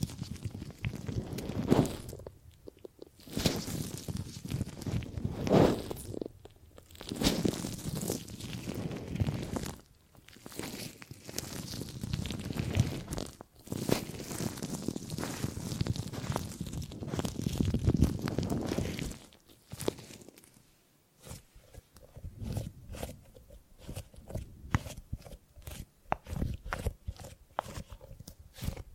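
Gripping and grabbing sounds come in dense, rustling, crunchy bursts lasting a few seconds each, separated by brief pauses. After about twenty seconds the texture changes to sparser, sharper clicks and snaps, some with a faint low ring.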